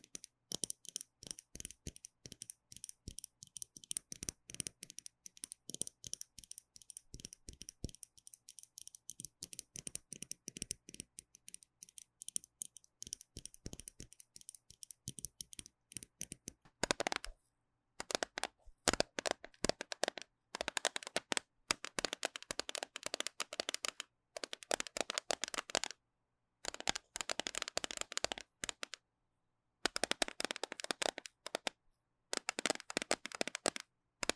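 Tapping and scratching on gel nail supplies, a quick run of crisp, bright clicks. The first half is lighter and more evenly spaced. After about seventeen seconds the taps grow louder and denser, coming in bursts separated by brief silences.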